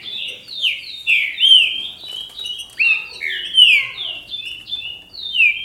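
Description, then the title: Green-winged saltator song: a steady, continuous string of clear whistled notes, mostly sliding downward, with several louder emphasized phrases. "Trinca Ferro"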